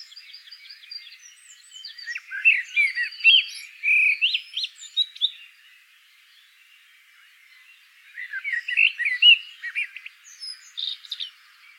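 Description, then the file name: Common blackbird warbling song: bursts of sliding, fluty and twittering notes in two clusters separated by a quiet pause. "Turdus merula"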